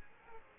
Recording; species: mosquito wingbeat signal from an infrared sensor; Aedes aegypti